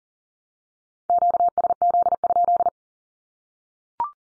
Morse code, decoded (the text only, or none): QSZ?